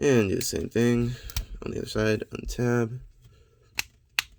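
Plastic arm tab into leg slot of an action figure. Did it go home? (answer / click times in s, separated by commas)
yes / 4.2 s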